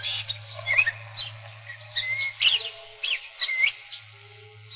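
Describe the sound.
Catbird song, a rambling mix of slurred whistles and squeaky rasping notes, some rising, delivered in rapid phrases.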